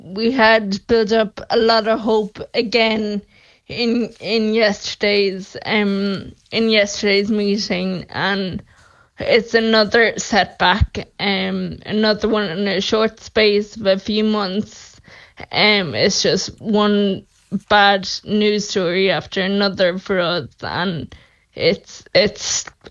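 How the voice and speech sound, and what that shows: Woman speaks slowly with stretched sounds, restarts and irregular pauses: ataxic dysarthria.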